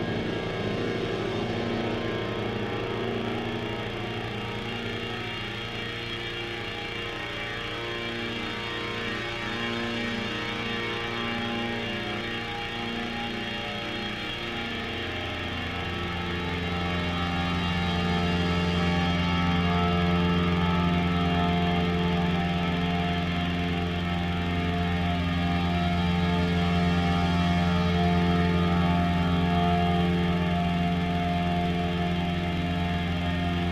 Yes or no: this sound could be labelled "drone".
yes